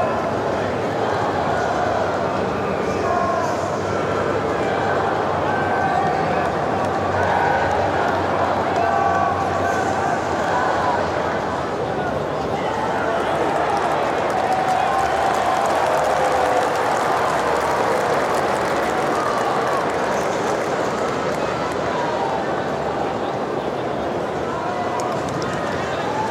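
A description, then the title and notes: A crowd at a rugby league match roars and chatters without pause, a dense, steady wash of many voices. Louder swells rise around the tenth and sixteenth seconds, with brief shouts standing out, and the level stays high throughout. Sounds of Rugby League.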